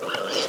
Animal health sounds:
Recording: pig call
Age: piglet (1 to 25 days)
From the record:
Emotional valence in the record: positive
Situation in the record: huddling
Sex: female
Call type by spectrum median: low-frequency call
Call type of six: mixed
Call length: 0.49 s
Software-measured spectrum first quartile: 707 Hz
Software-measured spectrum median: 1686 Hz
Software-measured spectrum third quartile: 3873 Hz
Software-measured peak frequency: 518 Hz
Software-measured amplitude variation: 127 dB a second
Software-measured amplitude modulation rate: 21.5 a second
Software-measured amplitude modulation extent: 5.9 dB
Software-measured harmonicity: 1.0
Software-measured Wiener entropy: -1.78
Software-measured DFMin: 828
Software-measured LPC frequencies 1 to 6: 548, 1365, 2173, 2976, 4007, 4810 Hz

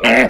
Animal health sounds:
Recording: pig call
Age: piglet (1 to 25 days)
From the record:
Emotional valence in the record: negative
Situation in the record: crushing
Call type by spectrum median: low-frequency call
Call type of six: low-frequency tonal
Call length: 0.30 s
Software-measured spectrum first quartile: 493 Hz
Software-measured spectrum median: 1224 Hz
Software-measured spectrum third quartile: 2206 Hz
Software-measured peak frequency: 241 Hz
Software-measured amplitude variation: 130 dB a second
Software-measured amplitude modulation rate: 21.6 a second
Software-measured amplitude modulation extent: 6.0 dB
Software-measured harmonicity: 0.2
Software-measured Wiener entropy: -1.47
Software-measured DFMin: 1053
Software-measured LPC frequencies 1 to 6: 608, 2041, 2527, 4121, 4882, 5703 Hz

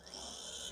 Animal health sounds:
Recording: pig call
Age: piglet (1 to 25 days)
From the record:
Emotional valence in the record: negative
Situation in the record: castration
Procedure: castration, fixation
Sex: male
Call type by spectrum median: high-frequency call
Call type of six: high-frequency stable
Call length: 0.73 s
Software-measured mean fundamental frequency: 299 Hz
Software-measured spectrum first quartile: 2364 Hz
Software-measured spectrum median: 4152 Hz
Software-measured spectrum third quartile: 6505 Hz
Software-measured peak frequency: 3116 Hz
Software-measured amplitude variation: 102 dB a second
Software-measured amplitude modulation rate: 28.2 a second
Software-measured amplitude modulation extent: 3.6 dB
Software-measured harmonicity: 1.3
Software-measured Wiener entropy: -1.55

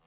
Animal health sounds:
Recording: pig call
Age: piglet (1 to 25 days)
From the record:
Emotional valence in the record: positive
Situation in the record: reunion after long isolation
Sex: female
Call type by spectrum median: low-frequency call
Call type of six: low-frequency tonal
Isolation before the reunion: 8 minutes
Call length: 0.07 s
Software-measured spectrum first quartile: 420 Hz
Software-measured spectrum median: 1115 Hz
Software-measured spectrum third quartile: 3558 Hz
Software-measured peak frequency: 157 Hz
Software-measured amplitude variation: 13 dB a second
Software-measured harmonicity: -1.7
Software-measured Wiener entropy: -1.18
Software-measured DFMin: 548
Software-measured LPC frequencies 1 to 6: 766, 2881, 4675, 6052, 7841, 9152 Hz

